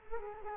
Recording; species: mosquito wingbeat signal from an infrared sensor; Culex quinquefasciatus